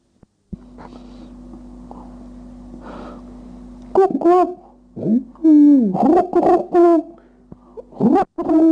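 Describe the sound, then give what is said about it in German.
A man, a professor, imitates pigeon cooing with a run of low, throaty, warbling coos that rise and fall in pitch, following a few seconds of steady electrical hum. “Auch die Stimmen der Tauben konnte der Herr Professor gut nachahmen.”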